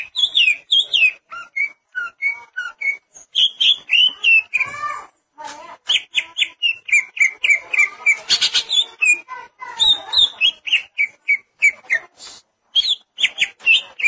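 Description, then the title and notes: Greater green leafbird singing a long, continuous medley of quick chirps, whistles and harsh buzzy bursts, notes tumbling fast with only brief gaps. "Suara Kicauan Burung Cucak Ijo"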